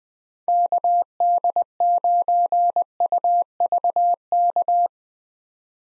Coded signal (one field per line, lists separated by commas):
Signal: Morse code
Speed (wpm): 20 wpm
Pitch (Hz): 700 Hz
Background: none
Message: KD9UVK